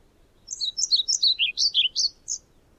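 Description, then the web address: European pied flycatcher song phrase: a quick series of several high, see-sawing notes dipping lower midway, then a final higher note. "Aktivitetsbanken. Fuglelyder Svarthvit fluesnapper"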